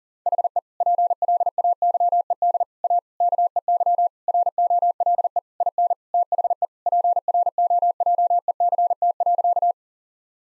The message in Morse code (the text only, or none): HE PLAYED A KEY ROLE IN THE PROJECT.